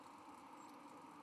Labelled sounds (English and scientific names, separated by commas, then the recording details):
White-throated Sparrow (Zonotrichia albicollis) flight call
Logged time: 03:49 on 31 October 2014